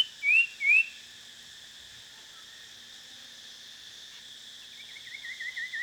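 Common iora uttering two quick upslurred whistles, then a faint wavering note at the end, against a steady buzzing insect chorus.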